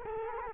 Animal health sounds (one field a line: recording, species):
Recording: mosquito wingbeat signal from an infrared sensor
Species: Culex quinquefasciatus